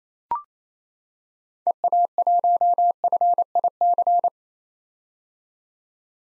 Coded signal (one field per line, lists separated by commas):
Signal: Morse code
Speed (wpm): 28 wpm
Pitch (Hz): 700 Hz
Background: none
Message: EA1FIC